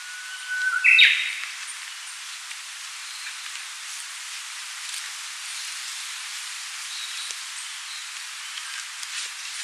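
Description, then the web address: Japanese bush warbler song: a held flat whistle ending in an abrupt burst of warbled notes, followed by soft background hiss and faint clicks. "sound Archives -Cettia diphone"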